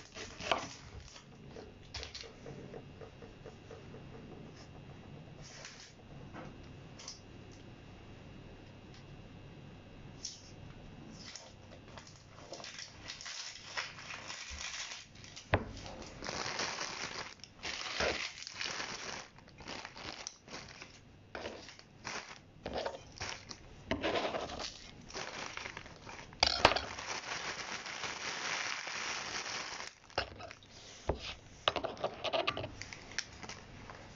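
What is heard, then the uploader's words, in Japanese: Everyday household sounds: scattered clicks, knocks and rustling over a low steady hum. The first half is fairly quiet and sparse; from about fifteen seconds the handling grows busier and louder, with a sharp clatter near twenty-six seconds. 生活音。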